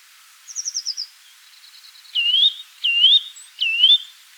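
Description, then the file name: Eurasian nuthatch calls: a rapid high trill of clipped notes, then three loud, clear rising whistles under a second apart. "Sitta europaea"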